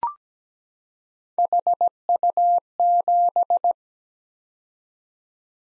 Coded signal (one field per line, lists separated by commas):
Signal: Morse code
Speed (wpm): 17 wpm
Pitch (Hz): 700 Hz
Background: none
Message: HU7